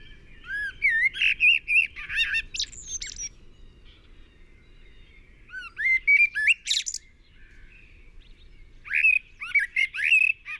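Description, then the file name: Common blackbird song: three separate phrases of rich fluting whistles, each closing with thin, high squeaky twitters, separated by pauses of a few seconds. "Turdus merula"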